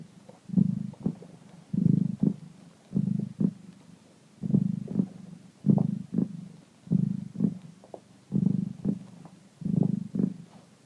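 Deep rumbling cat purr in regular swells, each followed by a short softer gap.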